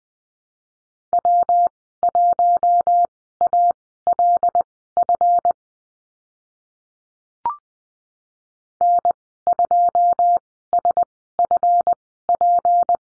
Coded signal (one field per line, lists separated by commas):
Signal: Morse code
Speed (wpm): 20 wpm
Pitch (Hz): 700 Hz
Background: none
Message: W1ALF N2SFP